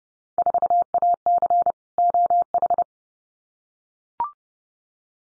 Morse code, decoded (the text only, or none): 4AC OH